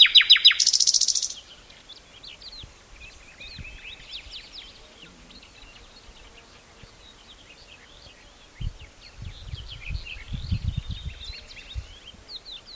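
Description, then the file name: Common nightingale song opening with a loud rapid rattling burst, followed by quieter chattering and whistled phrases; low thumping noises in the background. "Luscinia megarhynchos"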